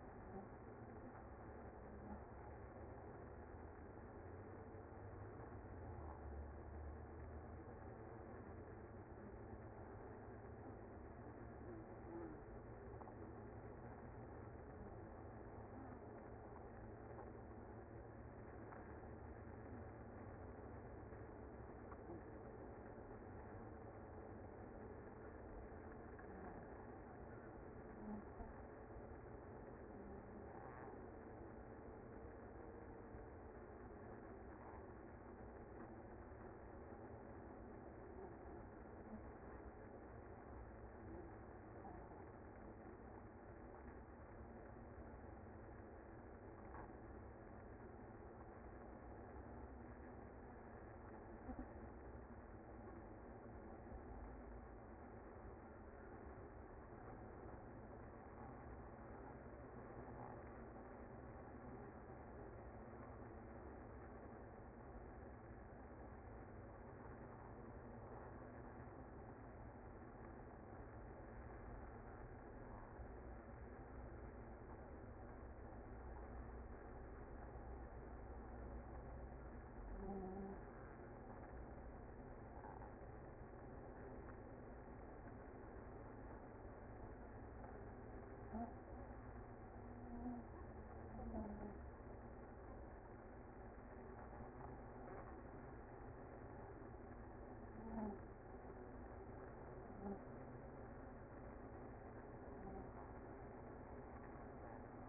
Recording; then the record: honeybee colony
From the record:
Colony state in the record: active